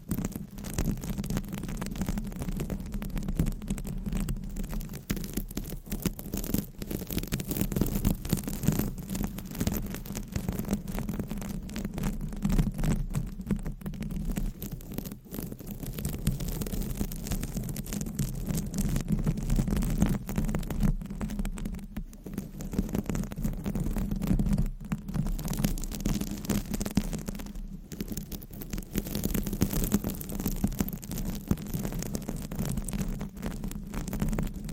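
Continuous dense scratching and rubbing with rapid tapping flickers throughout, over a steady low hum and a thin high hiss.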